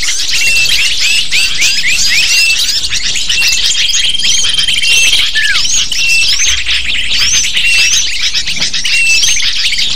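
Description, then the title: Lovebirds squawking and chirping together, a dense, unbroken wall of high squeaky notes, some short falling slurs cutting through. Used to lure lovebirds. "PIKAT BURUNG LOVEBIRD"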